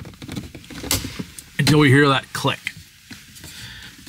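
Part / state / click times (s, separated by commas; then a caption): plastic phone mount base onto vehicle dashboard / seated / 0.9 s. A plastic ProClip USA phone mount base for a 2024 Jeep Wrangler, already hooked at the front, is pushed down onto the dashboard. It snaps into place with a sharp click at 0.9 s, followed by a few small knocks. Someone then talks, and the mount is seated.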